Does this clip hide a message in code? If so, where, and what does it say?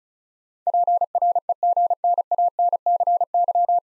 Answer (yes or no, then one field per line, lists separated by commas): yes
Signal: Morse code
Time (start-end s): 0.7-3.8 s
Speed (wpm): 36 wpm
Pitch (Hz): 700 Hz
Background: none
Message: PREGNANCY